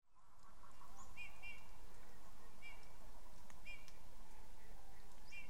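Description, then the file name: Eurasian bullfinch calls: brief, soft piping whistles in pairs and singles, set against constant low background noise. "Pyrrhula pyrrhula"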